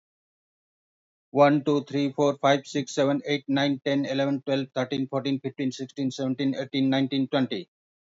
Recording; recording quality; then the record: counting at a fast pace; excellent, no background noise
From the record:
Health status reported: healthy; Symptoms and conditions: hypertension, diabetes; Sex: male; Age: 52 years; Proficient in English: yes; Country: India